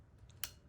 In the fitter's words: There. That's the click it's supposed to make.